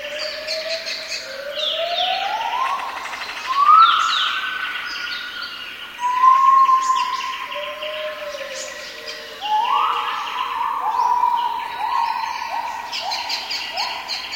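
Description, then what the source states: Gibbon whooping calls: long tonal notes that sweep upward and then hold steady, given in several bouts, with bird chirps and buzzy insect-like sounds above. Recorded in forest.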